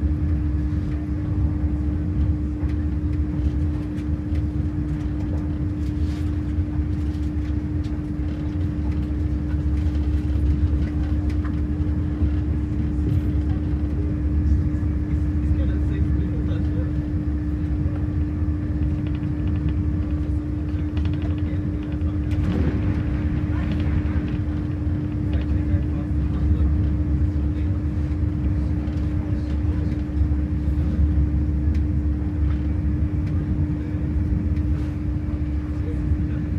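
A steady rumble from inside a moving train, heavy and low, with a constant mid-pitched hum running through the whole ride. The noise stays level throughout, broken only by faint clicks and a brief swelling rattle around the twenty-second mark.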